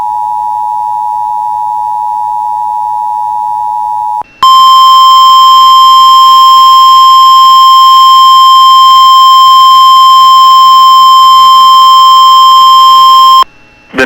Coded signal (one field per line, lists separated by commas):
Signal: Emergency Alert System (SAME) tones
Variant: 853 and 960 Hz attention tone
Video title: [EAS] Severe Thunderstorm Warning for Bemidji (August 3, 2024)